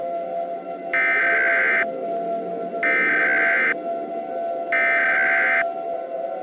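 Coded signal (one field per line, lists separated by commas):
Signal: Emergency Alert System (SAME) tones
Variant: header bursts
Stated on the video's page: Fictional EAS scenario with valid SAME tones, simulated alert about an Elmo rampage across the U.S.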